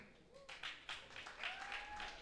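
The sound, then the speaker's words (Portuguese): Faint, scattered audience clapping used as a vote for a contestant, a few irregular bursts of applause with voices and a rising, whoop-like call mixed in over it. “Vamos usar o sistema de palmas.”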